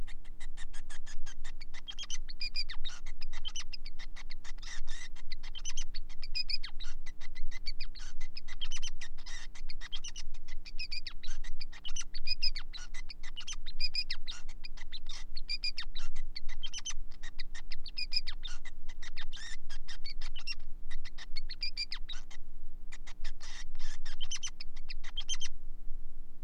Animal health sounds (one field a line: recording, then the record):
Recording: song of a male Bengalese finch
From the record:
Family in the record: son of father 5